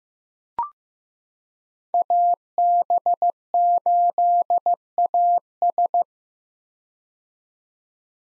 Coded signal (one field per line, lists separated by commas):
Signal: Morse code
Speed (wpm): 16 wpm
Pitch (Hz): 700 Hz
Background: none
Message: AB8AS